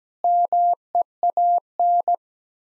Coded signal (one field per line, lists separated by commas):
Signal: Morse code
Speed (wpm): 17 wpm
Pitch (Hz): 700 Hz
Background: none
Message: MEAN